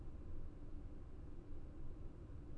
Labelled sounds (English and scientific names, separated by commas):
none